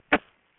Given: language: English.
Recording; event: throat vibration sensor signal played as sound; cough